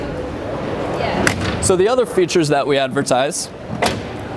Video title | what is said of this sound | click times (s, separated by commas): Breaking News: 2019 GMC Sierra 1500 Gets CarbonPro Bed and Diesel Power! | they'll bring it back in you just have to press the button and snaps back into place so | 1.3 s